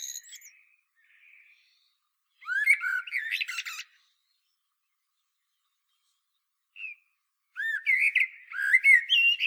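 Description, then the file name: Common blackbird with flutelike warbled phrases topped by high twitters, then a single short note and a final fuller warbling phrase. "Turdus merula"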